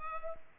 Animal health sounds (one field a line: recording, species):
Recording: mosquito wingbeat signal from an infrared sensor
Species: Culex pipiens